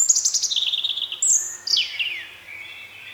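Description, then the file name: European robin song opening with a rapid high trill, then sliding whistled notes that drop in pitch and trail off softly. "Erithacus rubecula"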